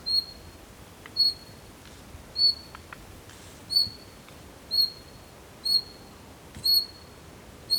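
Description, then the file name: Bird calls, a single high whistled note repeated about once a second, over steady background hiss and a few soft clicks. "PAJAROS"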